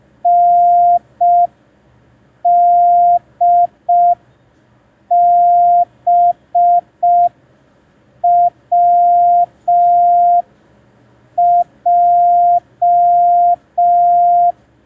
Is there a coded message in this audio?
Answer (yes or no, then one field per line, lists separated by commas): yes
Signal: Morse code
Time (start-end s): 0.3-14.5 s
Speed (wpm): 5 wpm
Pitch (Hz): 700 Hz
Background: none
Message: NDBWJ